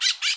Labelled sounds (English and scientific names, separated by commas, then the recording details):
Brown-throated Parakeet (Eupsittula pertinax) contact call
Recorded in Bonaire
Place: just S of turnoff to Cai, near Lac Bay
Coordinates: 12.126, -68.239